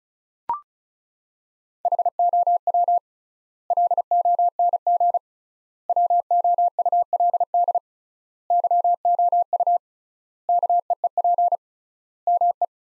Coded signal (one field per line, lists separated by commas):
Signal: Morse code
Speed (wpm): 34 wpm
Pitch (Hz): 700 Hz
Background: none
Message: HOW LONG WOULD YOU KEEP ME